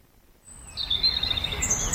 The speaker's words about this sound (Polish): Lubię słuchać ptaków, to jest takie kojące. Można się zatrzymać tak poza zgiełkiem miasta.